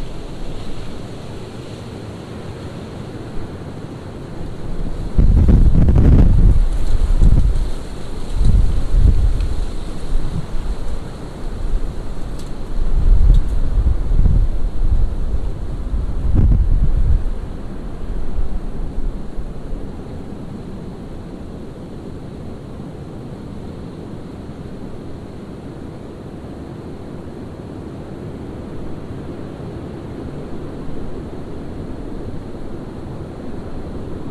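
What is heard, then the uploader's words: A windstorm roars steadily, with low rumbling gusts that buffet the microphone. The strongest bursts come between about five and seventeen seconds, loud thumping blasts in the low end, before the wind settles into a steadier, quieter rush for the rest. Windstorm. Recorded by Dan Bodah at Penn Haus, Dingmans Ferry PA.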